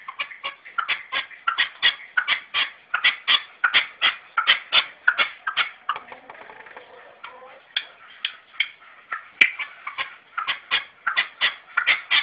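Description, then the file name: Red-legged partridge uttering rapid, harsh chuffing notes that fade briefly into a quieter pause midway, then resume in a rhythmic series with one sharp click. "perdiz roja-sonido"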